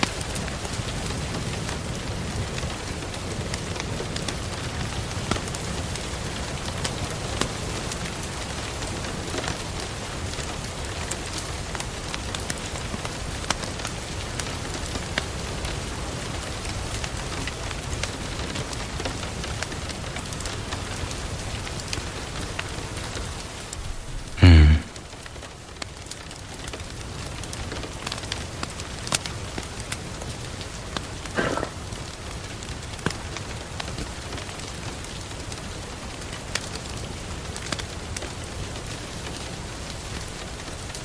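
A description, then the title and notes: Rain falls in a steady, dense patter over a low rumble, with scattered sharper drop ticks and faint crackle throughout. Around twenty-five seconds a single loud thump cuts through, after which the rain continues slightly softer to the end. Rain and fire in the background.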